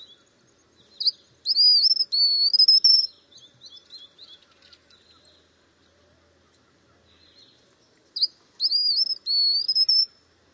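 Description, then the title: White-naped xenopsaris singing two high, thin phrases of sharp rising whistles and a quavering trill, with faint soft twitters between them and a quiet background. "LuckyPassaro Completos2Sama. White-naped Xenopsaris (Xenopsaris albinucha)"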